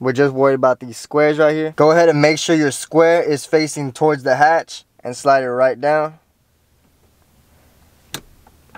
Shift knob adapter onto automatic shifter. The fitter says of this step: until you hear it click now all we're going to do is get our new shifter